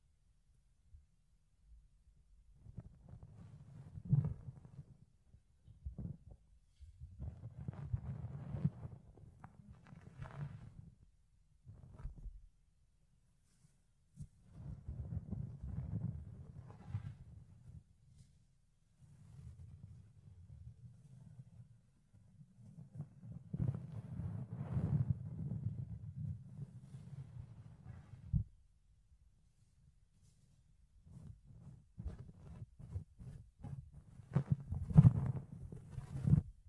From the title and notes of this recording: ASMR Fluffy Ear Cleaning, Ear Picking (No Talking).